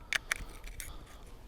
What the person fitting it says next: locked into place